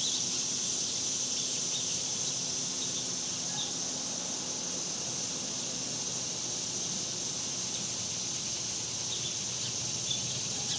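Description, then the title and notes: Cicadas in a sustained high-pitched buzzing chorus, steady from start to end, with faint bird notes and a low background hum. Cicadas outdoors in summer in the suburbs. "Ext Summer Cicadas, Suburbs by Bandeto"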